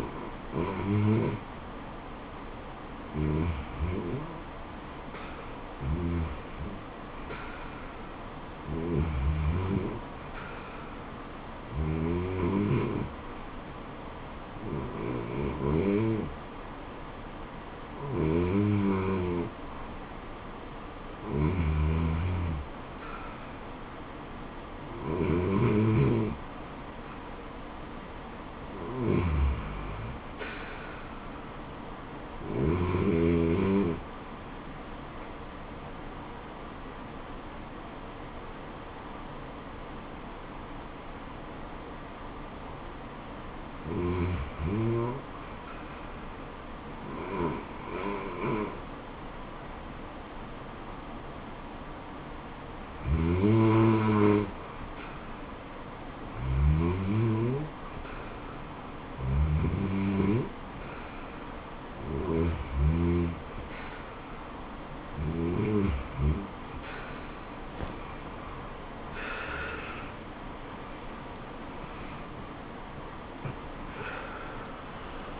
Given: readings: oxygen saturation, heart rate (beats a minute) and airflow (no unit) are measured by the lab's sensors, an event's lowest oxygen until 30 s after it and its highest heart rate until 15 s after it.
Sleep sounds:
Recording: breathing in sleep by a voice recorder at the bedside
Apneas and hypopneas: 1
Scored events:
39.00-56.90 s: hypopnea (REM, oxygen 91% highest, then 90% lowest, heart rate 80 at the start, 83 highest)
From the record:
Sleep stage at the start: REM sleep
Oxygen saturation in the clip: 81 to 93%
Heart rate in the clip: 65 to 93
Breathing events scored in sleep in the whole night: 426 in 7.4 hours asleep

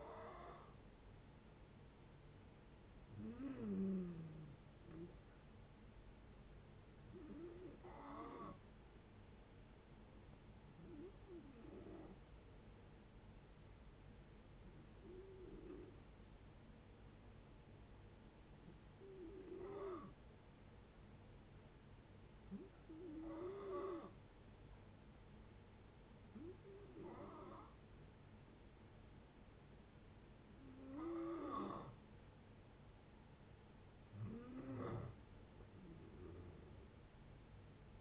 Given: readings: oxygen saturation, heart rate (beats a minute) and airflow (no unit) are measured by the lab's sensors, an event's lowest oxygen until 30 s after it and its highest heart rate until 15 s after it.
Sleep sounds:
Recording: breathing in sleep by a voice recorder at the bedside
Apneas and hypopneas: 1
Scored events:
16.00-31.40 s: hypopnea (N2, oxygen 93% highest, then 90% lowest, heart rate 71 at the start, 76 highest)
From the record:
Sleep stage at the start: N2 (light sleep)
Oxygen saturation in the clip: 89 to 93%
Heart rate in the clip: 70 to 76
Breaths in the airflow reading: 10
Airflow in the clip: -8.3 to 8.2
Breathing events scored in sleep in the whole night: 496 in 5.4 hours asleep

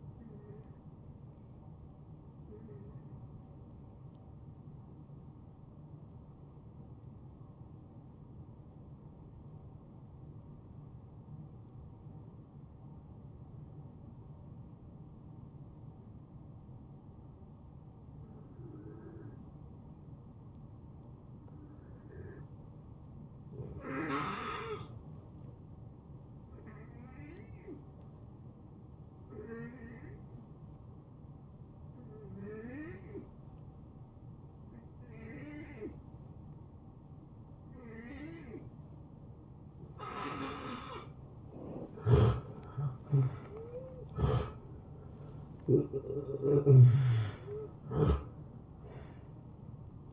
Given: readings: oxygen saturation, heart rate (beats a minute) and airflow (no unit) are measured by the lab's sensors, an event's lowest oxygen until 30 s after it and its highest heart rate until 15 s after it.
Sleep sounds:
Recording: breathing in sleep by a smartphone at the bedside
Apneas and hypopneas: 1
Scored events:
4.00-42.00 s: hypopnea (N1, oxygen 94% highest, then 79% lowest, heart rate 75 at the start, 86 highest)
28.00-50.13 s: new sleep stage, N2 (light sleep)
From the record:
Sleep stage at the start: N1 (lightest sleep)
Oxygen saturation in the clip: 84 to 94%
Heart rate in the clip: 72 to 84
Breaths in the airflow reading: 9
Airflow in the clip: -21.3 to 11.8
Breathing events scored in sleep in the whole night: 263 in 5.5 hours asleep

